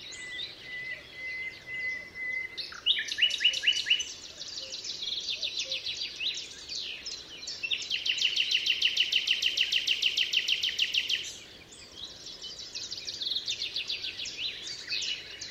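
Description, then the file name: Common nightingale song: a thin whistle, then bursts of rapid high trills and a long, even, buzzy rattle of repeated notes, over constant background hiss. Recorded 27 April 2014 at Altmühlsee. "Nachtigall. Altmuehlsee. Susanne Rieck"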